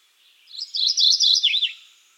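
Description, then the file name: Mourning Warbler song: one rolling phrase of quick, high slurred notes ending in a short downward slur, with a quiet background. "Geothlypis philadelphia - Mourning Warbler"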